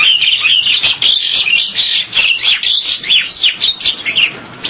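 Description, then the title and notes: Bali myna producing continuous rasping, buzzy chatter interspersed with brief whistled notes, with no pause. "Jalak Bali. Kicau Burung Jalak"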